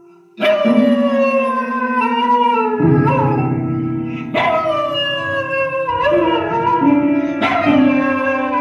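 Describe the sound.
Dog giving loud, sustained howls that start abruptly and glide slowly downward, in several phrases, with a lower droning tone beneath in the later part.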